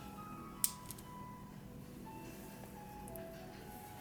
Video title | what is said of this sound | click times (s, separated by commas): Installing and Tuning up the Kadee "Whisker" Coupler System | See if you can hear it snap together. | 0.6 s